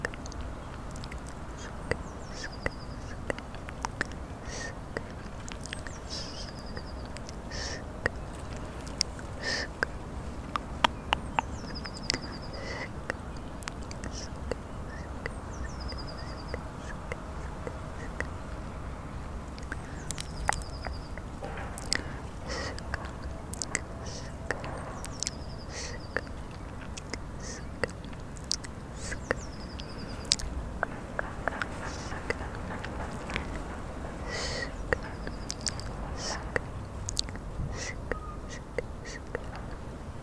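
Outdoors, soft brushing and sharp clicks sound, coming in quick irregular bursts throughout. A low rumble stays underneath, and short high chirping calls, likely birds, recur every few seconds.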